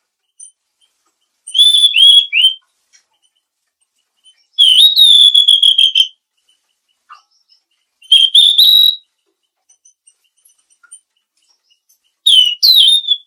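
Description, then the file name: Mangrove blue flycatcher repeating high, clear whistled phrases about every three to four seconds, mixing rising slurred notes with long, level, wavering whistles; background otherwise quiet. "suara burung tledekan laut"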